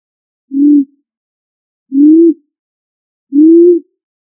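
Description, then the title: Pigeon giving three low, smooth coos, spaced roughly one and a half seconds apart in otherwise quiet surroundings. "Familia ColumbidaePomba"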